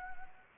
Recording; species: mosquito wingbeat signal from an infrared sensor; Anopheles gambiae